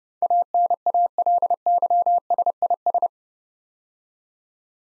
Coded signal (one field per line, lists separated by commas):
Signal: Morse code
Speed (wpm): 30 wpm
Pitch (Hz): 700 Hz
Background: none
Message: ANALYSIS